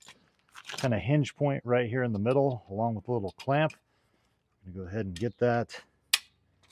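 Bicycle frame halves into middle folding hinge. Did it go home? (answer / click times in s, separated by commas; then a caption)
yes / 6.1 s. Someone talks while the two halves of a Yitahome collapsible folding bicycle frame are swung closed at the metal middle hinge, which has a small clamp. A single loud, sharp metallic click at 6.1 s marks the hinge seating into place.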